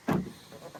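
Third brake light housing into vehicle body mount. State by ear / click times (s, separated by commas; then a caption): not seated / none. A plastic third brake light housing is pushed into its mount on the vehicle body after its wire has been routed through the hole. A dull handling thump is heard around 0.1 s, followed by a few faint rubs and taps up to 0.8 s. The housing has not clicked or seated yet.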